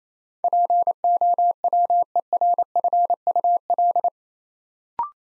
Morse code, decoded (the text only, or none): POWERFUL